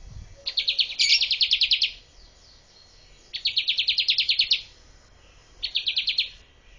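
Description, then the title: Bar-winged prinia making rapid churring chatter in three bursts, each a quick series of harsh notes, against quiet background. Female. "Burung Ciblek Betina"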